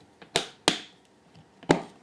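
A plastic cereal-container lid is closed and sealed onto a filament dry box container. Sharp snaps ring out at 0.4 s and 0.7 s, with another snap at 1.7 s, and the lid ends up seated and sealed.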